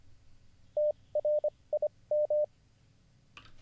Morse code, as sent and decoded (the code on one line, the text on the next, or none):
- .-. .. --
TRIM